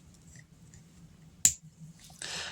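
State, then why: Seated. Plastic parts of a Transformers Legacy Beast Wars Nemesis Leo Prime (aka Shadow Prime) action figure are folded in and pressed onto the figure's arm over a low background hum with faint small ticks. A single sharp, loud snap at 1.4 s shows the parts snapping into place on the arm. A soft broadband rustle follows from about 2.2 s to the end.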